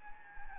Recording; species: mosquito wingbeat signal from an infrared sensor; Anopheles arabiensis